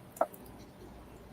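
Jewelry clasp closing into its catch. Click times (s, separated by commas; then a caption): 0.2 s. The clasp on a piece of inlaid jewelry is closed into its catch at a jewelry auction, and it pops right in. A single short, sharp click at 0.2 s is flanked by faint ticks just before and after, with only quiet background noise for the rest of the clip. The clasp seats closed.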